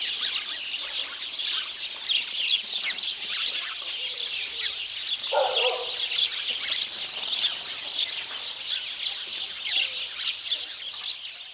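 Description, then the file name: House sparrow chirping, busy and steady throughout, with a brief lower sound midway. "Passer domesticus"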